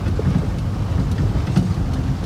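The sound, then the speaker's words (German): A steady low rumble of street traffic outside a window at night, with a faint hiss over it and a few soft ticks and knocks, continuous for a couple of seconds with no voices. “Los, guck aus dem Fenster. Nein, bitte keinen Verkehr.”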